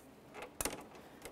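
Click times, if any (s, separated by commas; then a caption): 0.6 s. An electrical connector is slid onto the throttle body socket of a 2005–2010 Chevy Cobalt and clicks in at 0.6 s, followed right away by a second sharp snap. Two fainter ticks come at about 1.2 and 1.4 s, and the connector is confirmed seated.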